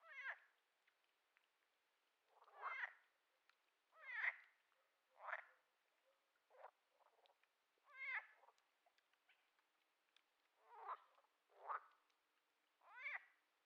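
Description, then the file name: Frog croaks, separate nasal, bending notes at irregular intervals, with faint clicks between them. Frog described as laughing; from a sound effects library. "Digiffects Sound Effects Library - Frog Laughing"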